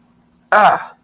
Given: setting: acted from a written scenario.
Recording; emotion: vocal sound without words; pain